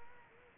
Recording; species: mosquito wingbeat signal from an infrared sensor; Culex quinquefasciatus